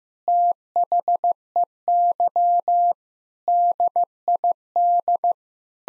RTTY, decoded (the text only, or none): none